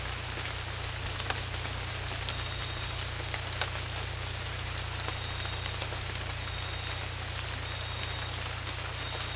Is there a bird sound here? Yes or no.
no